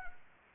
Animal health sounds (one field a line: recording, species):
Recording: mosquito wingbeat signal from an infrared sensor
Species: Anopheles arabiensis